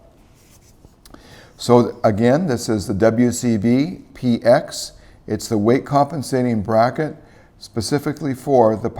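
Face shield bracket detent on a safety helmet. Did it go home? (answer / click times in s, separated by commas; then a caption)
yes / 1.1 s. A face shield on a weight-compensating bracket for a Pyramex safety helmet is raised to the top, where it clicks into its detent at 1.1 s, with a second click also at 1.1 s. Someone then talks, and the shield is seated in its raised position.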